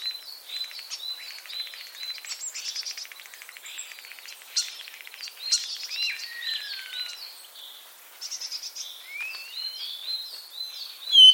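Common starling calls: rows of short downslurred whistles repeated quickly, buzzy bursts, a falling glide and a long rising whistle near the end.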